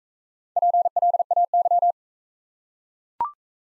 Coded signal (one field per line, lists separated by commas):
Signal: Morse code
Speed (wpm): 43 wpm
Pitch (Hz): 700 Hz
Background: none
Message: PLAY